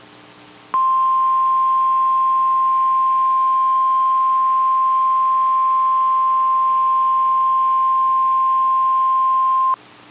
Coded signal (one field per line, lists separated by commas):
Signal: Emergency Alert System (SAME) tones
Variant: 1050 Hz attention tone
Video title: Coastal Flooding, Gales, & FOG | 9/10-23/25 (EAS #1,731-33)